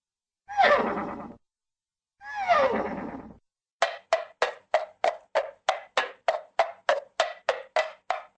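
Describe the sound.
Horse whinny: two drawn-out cries, then a fast series of short, regular pulses.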